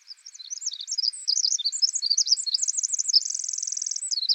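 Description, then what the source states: Pacific wren song: a tumbling series of thin, high notes rising in volume, then a rapid, steady trill and more quick notes. Loud, persistent singer in forest.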